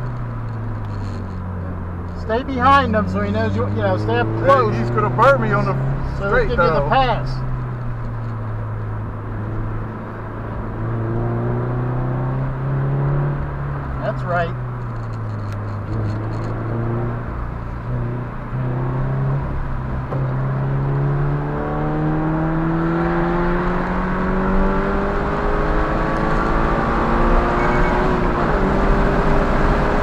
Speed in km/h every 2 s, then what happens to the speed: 48, 60, 72, 64, 56, 71, 72, 61, 63, 71, 82, 98, 116, 130, 143.
0-4 speeds up to 72. 4-8 brakes to 56. 8-11 speeds up to 72. 11-15 slows to 61. 15-30 speeds up to 143.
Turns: 6-12.